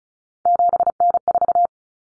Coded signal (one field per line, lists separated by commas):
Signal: Morse code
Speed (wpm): 34 wpm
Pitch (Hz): 700 Hz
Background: none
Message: 7N4